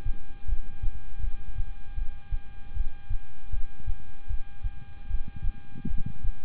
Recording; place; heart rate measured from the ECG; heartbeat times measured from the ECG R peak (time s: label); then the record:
heart sounds by stethoscope; between the tricuspid and mitral areas; 78 bpm
0.46 s: heartbeat
1.21 s: heartbeat
1.95 s: heartbeat
2.74 s: heartbeat
3.51 s: heartbeat
4.27 s: heartbeat
5.08 s: heartbeat
5.88 s: heartbeat
From the record:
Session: rest, lying down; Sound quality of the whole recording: good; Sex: male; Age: 26 years